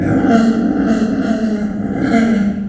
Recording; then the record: squeal of a Yucatan mini pig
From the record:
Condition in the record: after surgery on the right vocal fold (resection and tissue-engineered implant); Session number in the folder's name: 3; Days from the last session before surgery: 21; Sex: female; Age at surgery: 19 weeks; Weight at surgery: 25 kg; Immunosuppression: prednisolone